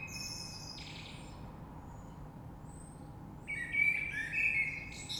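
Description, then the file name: Common blackbird: the tail of one phrase, a brief pause, then a clear fluted warble running into high twittering notes. Recorded 3 March 2020. "Rush Merle"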